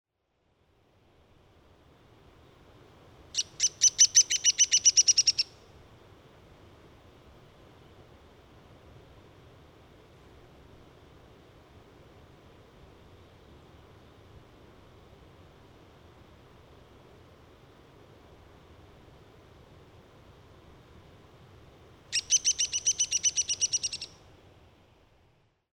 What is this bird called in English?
Downy Woodpecker